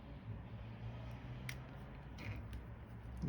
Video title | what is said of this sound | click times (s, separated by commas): Fanhome - Robocop: Building an Icon - Stage 2 | you can kind of hear it click as it drops down to where it's supposed to be | 1.5 s